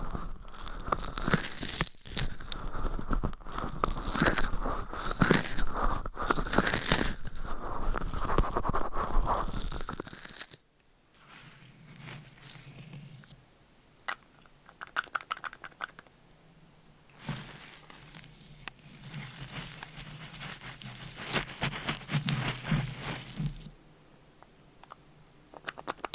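Dense, crackly scratching with fingernails fills the first ten seconds, then softer bursts of rubbing and scraping come and go over a low hum.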